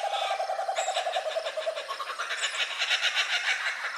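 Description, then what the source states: Laughing Kookaburra laugh: low repeated notes at the start, then shrill, fast cackling notes, raucous and rhythmic. Laughing kookaburra, a kingfisher, from Australia.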